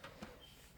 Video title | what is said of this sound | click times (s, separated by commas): How to build a £250 custom gaming pc | clicked in so the next we are going to put the case wires in | 0.0 s